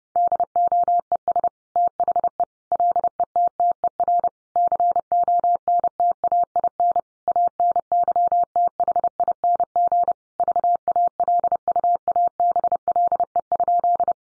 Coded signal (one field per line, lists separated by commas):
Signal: Morse code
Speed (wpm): 30 wpm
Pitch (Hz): 700 Hz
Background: none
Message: DOES THE LETTER CONTAIN ANYTHING VALUABLE?